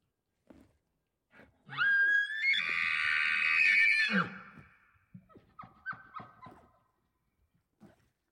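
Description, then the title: Elk scream: a loud, high squealing note rising and held for about two and a half seconds, then several short calls fading out. Bull elk scream in rutting season, Colockum Wildlife Area, Washington, morning of September 18 from pre-dawn, just before hunting season, males vocal; high plateau with pine stands. "Elk Bull Roar - Scream CU Cow Munching On Grass"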